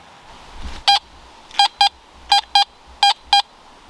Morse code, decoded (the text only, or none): none